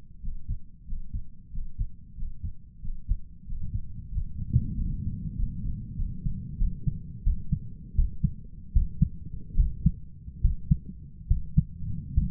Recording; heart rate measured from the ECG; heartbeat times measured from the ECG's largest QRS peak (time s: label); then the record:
heart sounds by stethoscope; 86 bpm
0.21 s: heartbeat
0.85 s: heartbeat
1.51 s: heartbeat
2.15 s: heartbeat
2.80 s: heartbeat
3.45 s: heartbeat
4.10 s: heartbeat
4.73 s: heartbeat
5.36 s: heartbeat
5.97 s: heartbeat
6.58 s: heartbeat
7.23 s: heartbeat
7.94 s: heartbeat
8.72 s: heartbeat
9.56 s: heartbeat
10.40 s: heartbeat
11.27 s: heartbeat
12.13 s: heartbeat
From the record:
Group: healthy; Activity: breath hold 0-6 s, rest 6-12 s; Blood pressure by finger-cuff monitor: 94/63 mmHg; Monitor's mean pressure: 72 mmHg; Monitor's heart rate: 93 bpm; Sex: male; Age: 23 years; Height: 178 cm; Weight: 96.6 kg